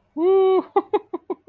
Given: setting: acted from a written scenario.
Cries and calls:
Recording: vocal sound without words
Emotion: amusement

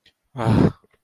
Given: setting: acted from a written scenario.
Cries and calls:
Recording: vocal sound without words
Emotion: disappointment

